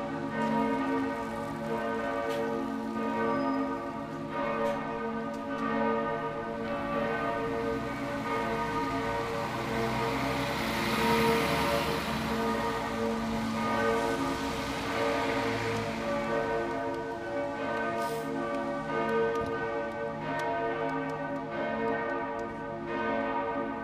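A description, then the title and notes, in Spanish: Church bells of St. Peter's peal continuously in dense, overlapping ringing, steady and resonant, with a faint hiss swelling mid-clip. Campanas De San Pedro- Hamburgo Alemania 515 Pm.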